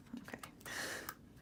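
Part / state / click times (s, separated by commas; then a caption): sensor cable connector into neurofeedback amplifier / not seated / none. A sensor cable connector with gold pins is lined up with the holes on the end of a neurofeedback amplifier and pressed in with both thumbs. Short handling taps, a longer scraping rustle, and one sharper tick are heard. Nothing has seated or clicked yet.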